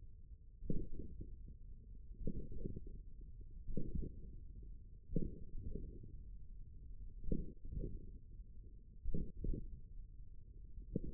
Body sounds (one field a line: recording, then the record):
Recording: forearm muscle sounds (acoustic myography)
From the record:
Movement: hook grip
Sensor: system 1, eight BSWA MPA416 microphones around the upper forearm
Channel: 7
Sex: male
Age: 41 years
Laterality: right